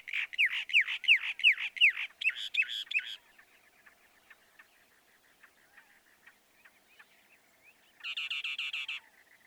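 Northern mockingbird song: a fast series of repeated upslurred notes, then a harsh grating burst, quiet ticking, and another harsh buzzy phrase.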